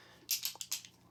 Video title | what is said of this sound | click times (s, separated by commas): Neewer TP29 table top mini tripod review | That's a nice click right there. | 0.3 s, 0.7 s